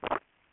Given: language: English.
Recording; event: throat vibration sensor signal played as sound; swallow